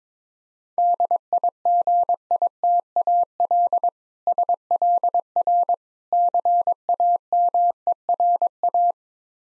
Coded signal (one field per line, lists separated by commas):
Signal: Morse code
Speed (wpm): 22 wpm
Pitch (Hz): 700 Hz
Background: none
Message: DIGITAL SLR CAMERA